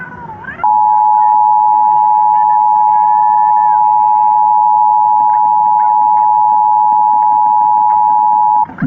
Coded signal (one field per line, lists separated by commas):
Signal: Emergency Alert System (SAME) tones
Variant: 853 and 960 Hz attention tone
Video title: Talking Angela gets Interrupted by the Emergency Alert System. AGAIN!?!?!